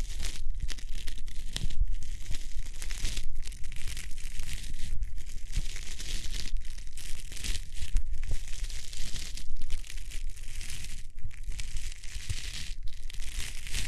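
Hands rub over the ears in a close, continuous stroking motion, giving a dense, crinkly, papery rustle with a bright hiss and a low rumble underneath. The rubbing breaks off briefly about every one and a half seconds, then resumes. No talking.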